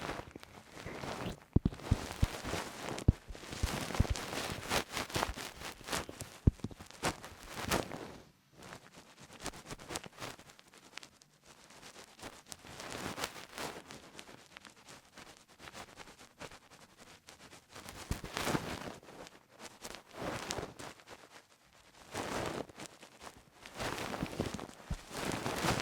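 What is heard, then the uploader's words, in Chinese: No-talking ear cleaning: dense scratching and rustling at the ear, crisp and bright, in bursts that come and go. It is busiest in the first eight seconds, thins through the middle, then builds again around 18 and 24 seconds, with quieter gaps between. “爽”到脑壳里的掏耳，无人声采耳。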